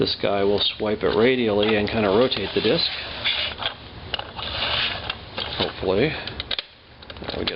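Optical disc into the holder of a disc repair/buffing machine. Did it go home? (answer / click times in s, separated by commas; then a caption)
yes / 7.5 s. Someone talks while pressing a scratched Xbox 360 game disc into the flip-out holder of a disc repair and buffing machine, with small plastic handling clicks along the way. The disc locks into place with a sharp click at 7.5 s and is seated, after which it rotates.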